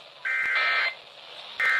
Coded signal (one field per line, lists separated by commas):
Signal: Emergency Alert System (SAME) tones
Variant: end-of-message bursts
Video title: EAS Flash Flood Warning (From CTP) 6/28/25 (Credit Goes To @SouthernPennsylvaniaWX)